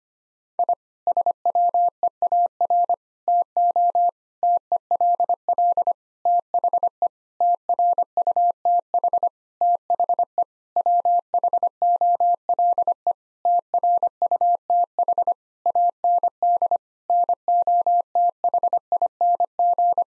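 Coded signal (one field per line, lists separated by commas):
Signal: Morse code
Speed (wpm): 25 wpm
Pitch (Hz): 700 Hz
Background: none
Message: I SWEAR TO TELL THE TRUTH THE WHOLE TRUTH AND NOTHING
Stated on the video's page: Morse practice sentences of common nine-word phrases at 25 wpm, for head-copy.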